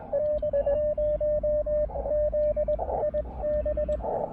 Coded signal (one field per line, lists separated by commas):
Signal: Morse code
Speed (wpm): 19 wpm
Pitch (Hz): 590 Hz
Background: radio noise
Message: N0ZIB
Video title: QRP POTA: Beating the propagation blues at Stonelick State Park!